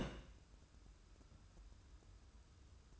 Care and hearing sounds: daily activity, microphone in the room; place on stove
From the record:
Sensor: 2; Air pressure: 994.3 hPa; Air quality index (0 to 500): 216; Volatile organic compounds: 1000 ppm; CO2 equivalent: 7162 ppm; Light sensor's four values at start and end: 136/325/137/142 and 136/324/137/142

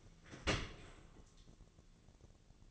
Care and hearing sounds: daily activity, microphone in the room; open dishwasher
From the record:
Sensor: 4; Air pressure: 1001.3 hPa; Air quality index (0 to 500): 181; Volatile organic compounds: 2 ppm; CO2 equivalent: 1290 ppm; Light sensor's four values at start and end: 11/26/11/11 and 11/26/11/11

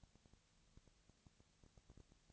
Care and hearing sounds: daily activity, microphone in the room; no activity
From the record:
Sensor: 3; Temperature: 20.4 degrees Celsius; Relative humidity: 34.4%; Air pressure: 997.0 hPa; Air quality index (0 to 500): 205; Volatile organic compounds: 68 ppm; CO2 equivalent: 3503 ppm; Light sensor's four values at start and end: 2/3/2/2 and 2/3/2/2

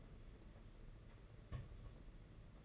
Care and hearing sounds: daily activity, microphone in the room; place on stove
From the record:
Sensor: 4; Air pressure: 992.8 hPa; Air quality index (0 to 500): 175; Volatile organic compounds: 329 ppm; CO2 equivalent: 4542 ppm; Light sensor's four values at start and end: 4/10/4/4 and 4/10/4/4

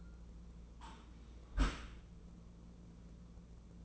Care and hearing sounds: daily activity, microphone in the room; close dishwasher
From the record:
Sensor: 1

